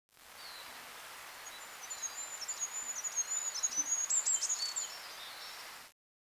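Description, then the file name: Bird calling with thin, high chirps and twittering notes in a quick, uneven series that grows louder toward the end, over a steady background hiss. "ukjent fugl"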